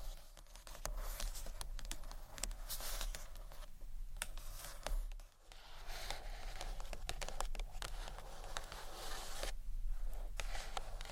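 Gentle scratchy tapping on books, a dense, continuous patter of quick light taps and dry scrapes with bright crisp edges. Sharper taps stand out irregularly throughout, with a brief lull just after the five-second mark. A low steady hum sits underneath.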